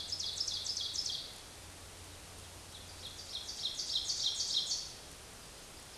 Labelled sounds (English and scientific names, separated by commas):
Ovenbird (Seiurus aurocapilla) song